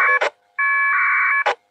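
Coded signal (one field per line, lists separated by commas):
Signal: packet radio (AX.25, as in APRS)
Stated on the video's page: APRS position reporting used in an emergency service digital net training session, alongside voice, VARA FM and Winlink.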